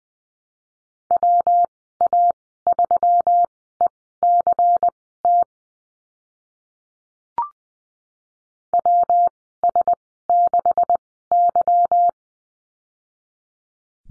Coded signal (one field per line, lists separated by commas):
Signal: Morse code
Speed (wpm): 19 wpm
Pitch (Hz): 700 Hz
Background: none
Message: WA3ECT WS6Y